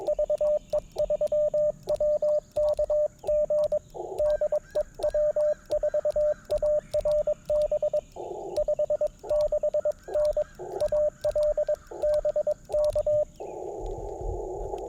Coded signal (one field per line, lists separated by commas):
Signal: Morse code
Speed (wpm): 22 wpm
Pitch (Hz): 600 Hz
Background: radio noise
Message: VE3WKG DE W4ARB 56N AL BK